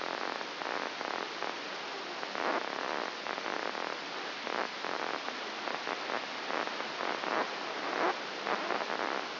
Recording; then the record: brain microelectrode recording played as sound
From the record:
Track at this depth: outside the subthalamic nucleus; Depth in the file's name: 6.101 mm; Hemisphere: left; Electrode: 2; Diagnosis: Parkinson's disease